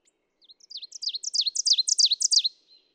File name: Ovenbird